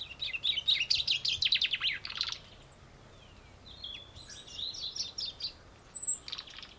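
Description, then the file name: Chaffinch opens with a rapid, cascading trill of sharp notes, followed by softer chirps and a short high phrase near the end, with low background hiss. "Fringilla coelebs"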